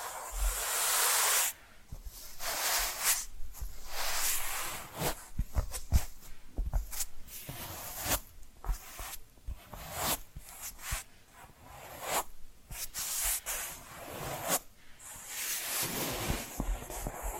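Tapping and scratching sounds, with irregular sharp taps over a constant bright scratchy rustle, opening with a brief loud hiss.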